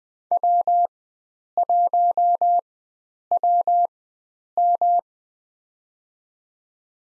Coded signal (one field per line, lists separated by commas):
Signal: Morse code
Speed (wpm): 20 wpm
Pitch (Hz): 700 Hz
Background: none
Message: W1WM